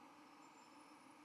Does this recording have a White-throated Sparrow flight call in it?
no